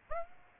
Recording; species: mosquito wingbeat signal from an infrared sensor; Aedes aegypti